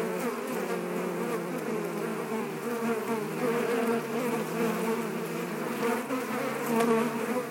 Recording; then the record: honeybee colony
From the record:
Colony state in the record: active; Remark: normal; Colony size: 10,000 bees